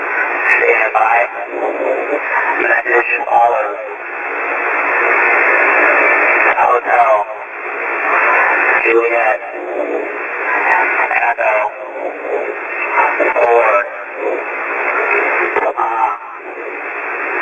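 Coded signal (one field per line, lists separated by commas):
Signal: coded military voice message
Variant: NATO phonetic alphabet, English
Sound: faint male voice reading phonetic letters through heavy single-sideband static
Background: radio static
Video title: HF GCS EAM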